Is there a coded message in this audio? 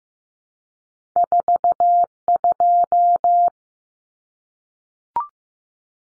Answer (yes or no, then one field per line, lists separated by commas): yes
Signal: Morse code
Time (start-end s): 1.2-3.5 s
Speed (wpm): 15 wpm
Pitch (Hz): 700 Hz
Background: none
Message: 42